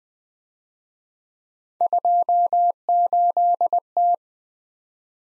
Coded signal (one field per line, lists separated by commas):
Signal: Morse code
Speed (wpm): 21 wpm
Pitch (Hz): 700 Hz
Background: none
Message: 28T